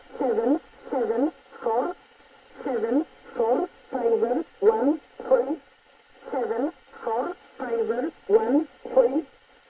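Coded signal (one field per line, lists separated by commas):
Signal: numbers station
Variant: E11 Oblique, English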